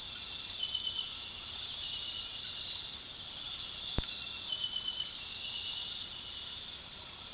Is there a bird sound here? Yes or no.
no